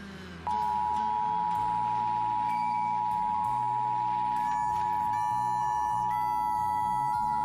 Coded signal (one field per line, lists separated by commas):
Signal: Emergency Alert System (SAME) tones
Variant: 853 and 960 Hz attention tone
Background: music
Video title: Back At New Jersey...EAS Tests from July 21, 2020 (EAS #204-207)